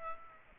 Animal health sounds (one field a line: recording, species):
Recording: mosquito wingbeat signal from an infrared sensor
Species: Aedes aegypti